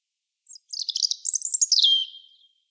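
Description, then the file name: European robin singing one short, high phrase: a brief thin note, then a rapid jumble of twittering notes that slides down into a drawn-out whistle. "Erithacus rubecula"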